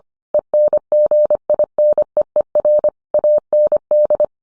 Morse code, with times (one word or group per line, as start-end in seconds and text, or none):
0.3-2.9 ENGINEER
3.1-4.2 AND